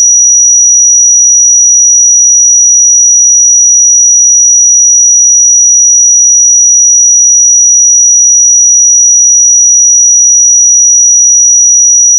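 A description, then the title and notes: A pure sine tone at 5819 Hz holds perfectly steady for the whole twelve seconds, a single thin, piercing high whistle. The loudness never changes, and there are no breaks, wavering or background sounds. 5819 Hz 1 Hz Interval Sine Pure Tone Frequency 441000 Sample Mono.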